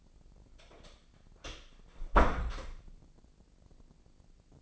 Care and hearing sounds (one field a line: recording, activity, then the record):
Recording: daily activity, microphone in the room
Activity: close door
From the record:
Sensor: 5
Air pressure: 1009.3 hPa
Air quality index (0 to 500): 167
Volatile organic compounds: 2 ppm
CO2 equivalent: 1273 ppm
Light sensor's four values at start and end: 121/285/122/132 and 121/283/122/131